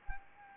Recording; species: mosquito wingbeat signal from an infrared sensor; Anopheles arabiensis